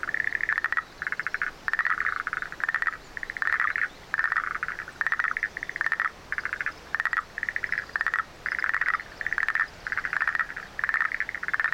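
Frog calling in rapid trilled bursts, each under a second long, repeated steadily with short gaps throughout.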